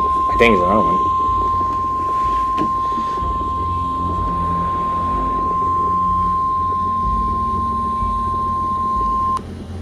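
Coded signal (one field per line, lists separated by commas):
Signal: Emergency Alert System (SAME) tones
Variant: 1050 Hz attention tone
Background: speech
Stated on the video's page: Fictional Emergency Alert scenario for a tornado.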